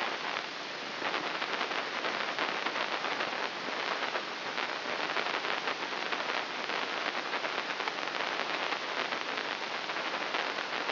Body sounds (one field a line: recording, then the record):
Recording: brain microelectrode recording played as sound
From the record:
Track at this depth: inside the subthalamic nucleus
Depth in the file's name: 1.1 mm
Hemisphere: left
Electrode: 3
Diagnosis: Parkinson's disease